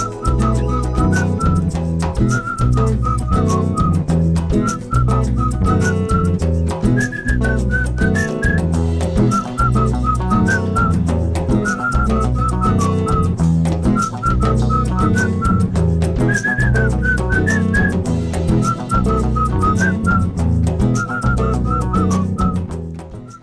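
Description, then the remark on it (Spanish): A bright whistled melody rides over a full, steady band arrangement, its clear high notes repeating in short phrases throughout the song. No one speaks. “Si escuchas esto de día, te aprendes la melodía que hace un rato empecé a silbar.”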